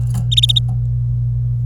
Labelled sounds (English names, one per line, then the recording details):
Domestic Canary song
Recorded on 26 April 2018 at 09:59
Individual llb3